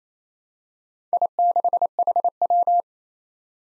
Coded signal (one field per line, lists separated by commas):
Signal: Morse code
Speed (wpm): 28 wpm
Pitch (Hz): 700 Hz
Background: none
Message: I6HW